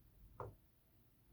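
A plastic head armor piece is placed over the head of a Haslab RiD2001 Superrobo Optimus Prime robot toy, which has two rectangular holes on either side underneath, and rotated until it locks. A single sharp click lands at 0.4 s, with a brief low thump and midrange snap that fade within about 0.2 s against quiet background noise. The piece locks into place on the first try.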